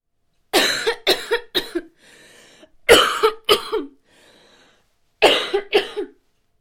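Three bouts of coughing, each a quick run of two or three sharp explosive coughs, separated by quiet, noisy in-breaths. About eight coughs in six seconds. A plain cough with no wheeze or stridor heard.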